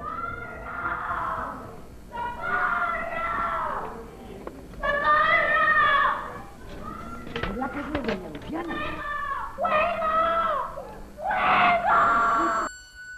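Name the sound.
woman screaming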